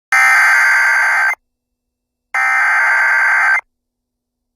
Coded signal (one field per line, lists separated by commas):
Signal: Emergency Alert System (SAME) tones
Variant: header bursts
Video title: An EAS Station Using A Bad Source In A Nutshell